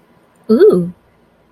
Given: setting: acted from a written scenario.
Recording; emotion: vocal sound without words; interest